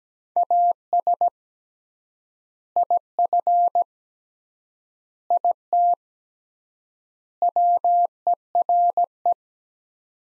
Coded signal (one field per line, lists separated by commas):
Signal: Morse code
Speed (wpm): 17 wpm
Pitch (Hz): 700 Hz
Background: none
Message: AS IF IT WERE